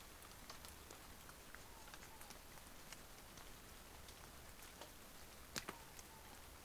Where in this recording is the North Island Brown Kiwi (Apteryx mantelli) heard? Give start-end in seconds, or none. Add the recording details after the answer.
none. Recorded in New Zealand on 20 November 2013. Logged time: 22:29. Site CH69